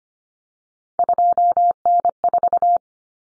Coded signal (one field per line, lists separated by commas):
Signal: Morse code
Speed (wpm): 25 wpm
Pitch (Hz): 700 Hz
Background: none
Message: 2N4